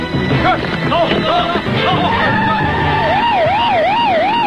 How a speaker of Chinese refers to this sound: 大哥，有很多警车， 把他们带进去。